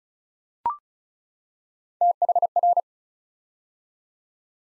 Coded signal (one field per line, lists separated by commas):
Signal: Morse code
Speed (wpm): 36 wpm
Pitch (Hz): 700 Hz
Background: none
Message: THR